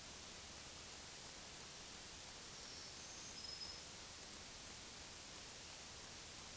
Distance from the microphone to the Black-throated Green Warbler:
about 30 m